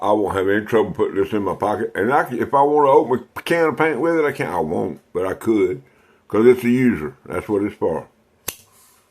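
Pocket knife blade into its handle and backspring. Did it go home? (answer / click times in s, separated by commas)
yes / 8.5 s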